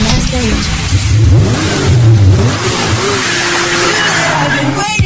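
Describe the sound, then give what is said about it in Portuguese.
A motorcycle engine revs loudly and continuously, its pitch swooping up and down in repeated surges before settling into a steadier drone. “Vai ser massa demais, vai ser estouro, várias motos e um só percurso.”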